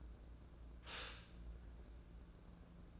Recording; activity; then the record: daily activity, microphone in the room; stop toaster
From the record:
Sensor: 2